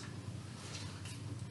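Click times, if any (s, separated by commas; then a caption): none. The handle catches on the base of a Rotowash M30S-M floor scrubber are being handled after the two upright handle tubes have been slid into the base. Only a steady low background noise is heard, with no sharp sounds. Nothing has clicked or locked into place yet.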